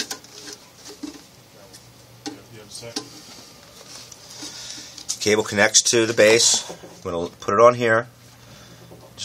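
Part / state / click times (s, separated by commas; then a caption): cable connector into address printer base / not seated / none. A cable connector is picked up and positioned over the base of a Secap 30K (SA5300) address printer, with light handling knocks around 0.1 s, 3.0 s and 5.1 s while someone talks. These are handling noises only; the connector has not yet seated or clicked into the base.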